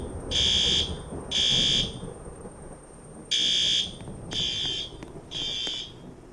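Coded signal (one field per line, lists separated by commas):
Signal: alarm pattern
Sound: harsh buzzing horn blasts in groups, five blasts with pauses between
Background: low rumbling background noise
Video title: Seyper Mall Fire Alarm Testing | Sneak Peak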